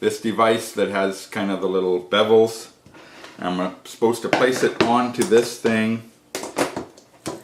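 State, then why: Seated. Someone talks while setting the bevelled guide plate of a manual capsule-filling device onto its base tray. A sharp click is heard at 6.4 s as the plate locks into position, followed by a few smaller taps. The guide plate is seated.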